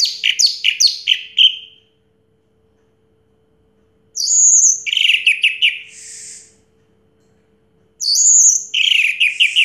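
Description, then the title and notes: Orange-headed thrush singing short strophes of rapid high notes, separated by silent gaps. A 'teler' style song with a clear voice; the bird's full range of sounds. "Anis Merah Teler Suara Jernih. kumpulan suara anis merah lengkap"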